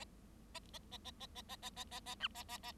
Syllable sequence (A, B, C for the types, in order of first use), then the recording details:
A A A A A A A A A A A B A A A. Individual Bird7